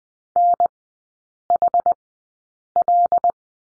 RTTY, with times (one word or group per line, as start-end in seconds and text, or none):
none